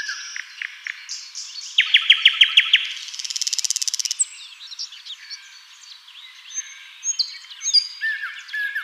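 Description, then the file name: Common nightingale singing a loud series of evenly repeated notes, followed by a fast buzzy rattle, then scattered whistles and chirps. "Luscinia megarhynchos"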